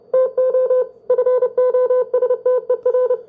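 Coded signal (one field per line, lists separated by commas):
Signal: Morse code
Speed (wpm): 28 wpm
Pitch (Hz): 500 Hz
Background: music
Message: TO FOSTER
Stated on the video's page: Morse received on an HQ-110A receiver through a TMC GSB-1 SSB adapter.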